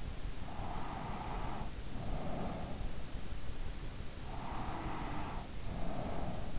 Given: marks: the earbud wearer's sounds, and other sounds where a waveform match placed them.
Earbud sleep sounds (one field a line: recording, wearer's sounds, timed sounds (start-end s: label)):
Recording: sounds in sleep by an in-ear microphone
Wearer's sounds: breath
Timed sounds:
0.58-2.98 s: breath
4.27-6.58 s: breath